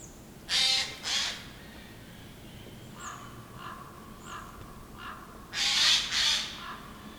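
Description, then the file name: Eurasian jay screeching in harsh rasping pairs, two at the start and two near the end, with softer quieter calls between them. "Garrulus glandarius"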